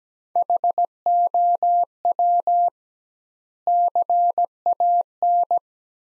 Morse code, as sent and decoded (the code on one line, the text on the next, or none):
.... --- .-- / -.-. .- -.
HOW CAN